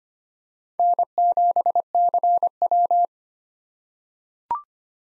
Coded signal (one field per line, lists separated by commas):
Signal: Morse code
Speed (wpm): 25 wpm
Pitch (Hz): 700 Hz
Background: none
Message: N7CW